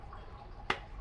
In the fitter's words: Have a click sound.